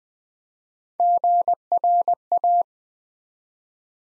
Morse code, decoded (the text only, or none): GRA